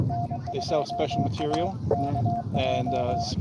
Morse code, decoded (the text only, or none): N2AKJ